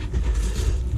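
Someone presses together the plastic zip-style press seal strip at the mouth of a Mudder waterproof pouch, handling the seal before it snaps shut. Only a steady low rumble and broadband noise are heard, with no distinct snaps. Nothing has seated or clicked yet.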